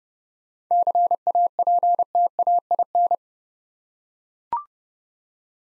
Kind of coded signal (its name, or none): Morse code